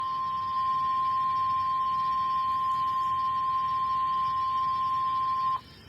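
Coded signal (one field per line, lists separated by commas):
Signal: Emergency Alert System (SAME) tones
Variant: 1050 Hz attention tone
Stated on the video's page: Severe thunderstorm warning from NOAA Weather Radio LCH, received via an online stream.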